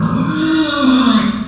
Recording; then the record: squeal of a Yucatan mini pig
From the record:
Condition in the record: after surgery on the right vocal fold (resection and tissue-engineered implant); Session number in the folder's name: 12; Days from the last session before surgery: 105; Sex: female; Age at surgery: 19 weeks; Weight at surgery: 25 kg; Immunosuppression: prednisolone